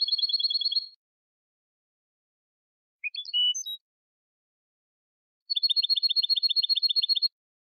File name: Canto del Jilguero Limpio 2019 Chant chardonneret 2019